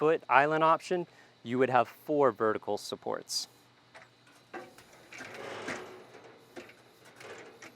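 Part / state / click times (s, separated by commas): aluminum vertical support panel into the island frame slots / not seated / none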